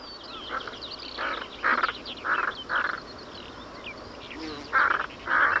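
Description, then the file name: Carrion crow uttering a series of coarse, grating caws with a short pause midway, while thin bird chirps continue behind. "Corvus corone"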